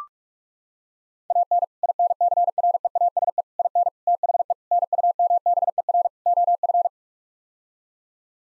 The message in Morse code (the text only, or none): AN INCREASE IN THE NUMBER OF